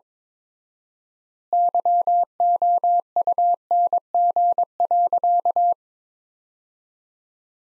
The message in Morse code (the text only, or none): YOUNG.